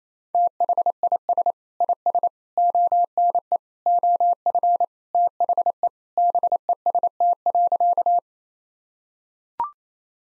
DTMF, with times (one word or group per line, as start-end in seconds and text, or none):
none